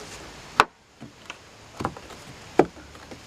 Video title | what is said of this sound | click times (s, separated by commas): Replace rotted, rusty JEEP WJ WINDOW SILLS (Also, how to remove WJ door panel) | like the other one it kind of pops in | 0.6 s, 2.6 s